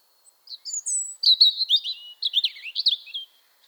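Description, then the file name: European robin song: a rippling phrase of high thin whistles and fast trills, rising and falling, broken by a short pause midway. "Erithacus rubecula"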